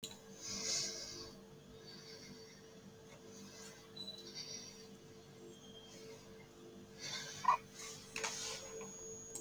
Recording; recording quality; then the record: deep breathing; excellent, no background noise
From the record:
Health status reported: COVID-19 positive, no symptoms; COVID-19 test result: positive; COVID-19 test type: RT-PCR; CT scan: not taken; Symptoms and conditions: cough, cold, sore throat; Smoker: no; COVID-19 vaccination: both doses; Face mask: worn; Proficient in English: yes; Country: India